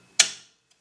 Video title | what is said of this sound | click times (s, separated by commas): Opening A Sargent & Greenleaf 8500 Manipulation Proof Combination Safe Lock | you hear that click | 0.2 s